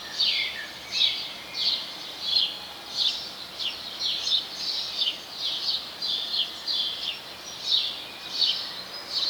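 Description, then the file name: House sparrow giving repeated sharp chirps, roughly one or two per second, over light background noise. "Passer domesticus"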